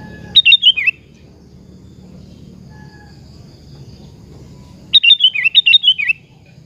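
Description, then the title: Sooty-headed bulbul song: two quick phrases of rapid, descending chirped notes about four seconds apart, with low background rumble between them. "Kutilang"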